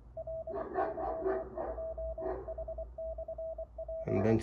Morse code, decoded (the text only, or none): LY2H/P